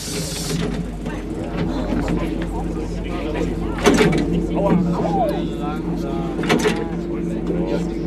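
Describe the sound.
Vehicle doors open as passengers board: two sharp mechanical clunks over a steady low engine hum, with a brief hiss at the start and murmuring voices throughout.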